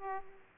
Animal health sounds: mosquito wingbeat signal from an infrared sensor; Aedes aegypti

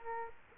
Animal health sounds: mosquito wingbeat signal from an infrared sensor; Culex quinquefasciatus

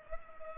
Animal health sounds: mosquito wingbeat signal from an infrared sensor; Culex pipiens

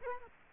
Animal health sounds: mosquito wingbeat signal from an infrared sensor; Culex quinquefasciatus

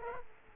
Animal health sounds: mosquito wingbeat signal from an infrared sensor; Culex quinquefasciatus

